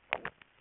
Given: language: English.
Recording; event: throat vibration sensor signal played as sound; swallow